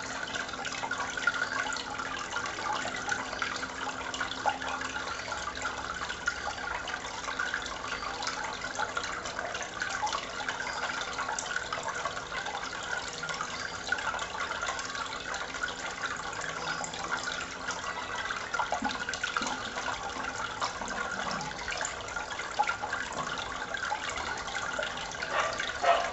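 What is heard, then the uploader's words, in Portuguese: Water runs in a steady, dense rush that holds the same level for the whole stretch, with a bright hiss on top and a faint low tone underneath. Small irregular splashes and trickles flicker through it, like water pouring from a tap. ÁGUA RELAXANTE - Sons naturais. Sons relaxantes de água.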